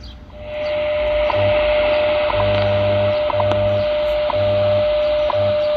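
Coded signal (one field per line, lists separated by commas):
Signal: radio time signal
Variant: WWV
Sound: steady mid-pitch tone broken by a short tick every second, low humming pulses underneath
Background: radio static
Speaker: so anyways uh wwv 15 megahertz this is with the h501x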